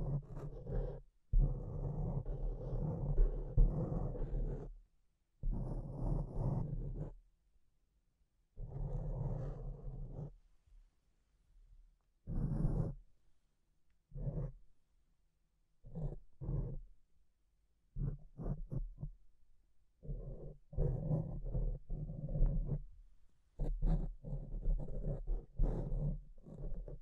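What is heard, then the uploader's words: Mic scratching in irregular bursts, rough low rumbling scrapes lasting from half a second to a few seconds, separated by short silences. The noise sits mostly low with a gritty, growl-like texture, a few sharper crackles reaching higher. Activity is densest near the end. ASMR Brain Melting Mic Scratching (No Talking).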